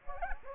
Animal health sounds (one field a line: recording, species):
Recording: mosquito wingbeat signal from an infrared sensor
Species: Anopheles gambiae